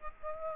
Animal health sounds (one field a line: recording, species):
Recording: mosquito wingbeat signal from an infrared sensor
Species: Aedes aegypti